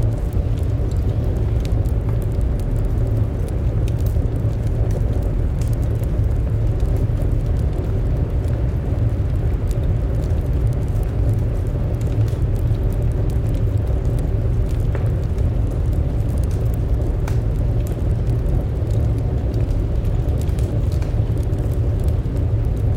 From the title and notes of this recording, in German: Der Gemütlichste Winterkamin. Neben einem prasselnden Feuer niederlassen. Ein Wintersturm sanft an die Fenster klopft. Das Knistern und die warme Ausstrahlung des Feuers.